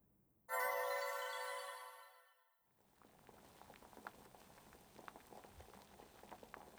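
A bright ringing chime sounds and slowly fades, then a hot pot (nabe) for dinner simmers on the stove with soft, irregular bubbling pops and crackles that continue steadily to the end.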